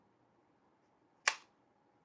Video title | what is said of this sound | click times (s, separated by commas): Nintendo Switch 2 Unboxing | When you snap that joint in, you can hear it. | 1.3 s